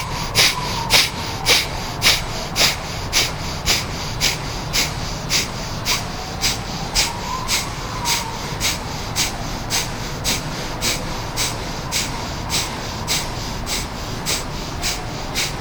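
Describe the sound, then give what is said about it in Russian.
Quick, forceful breaths through the left nostril with the right nostril closed, in a breathing exercise, in a steady rhythm, roughly two per second, sharp and snorting at first, then softer but still regular over a low background hum, with no talking. “Правую ноздрю закрыли, левой дышим.”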